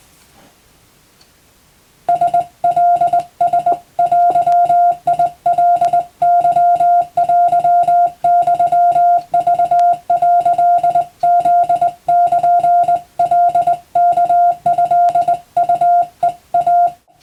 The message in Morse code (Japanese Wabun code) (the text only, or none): ラカラデカケテユク」フルカワトウヘイ